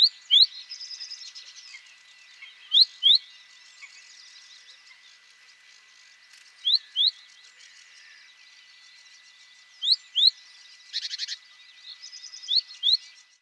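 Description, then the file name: Great tit giving repeated pairs of sharp upswept notes among scratchy, buzzy chatter, with one harsh rattling burst near the end. "Parus major"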